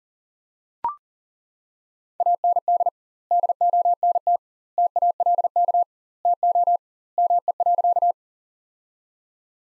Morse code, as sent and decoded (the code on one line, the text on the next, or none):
.- -. -.. / -.. --- -. - / - .- .-.. -.- / - --- / -- . .-.-.-
AND DONT TALK TO ME.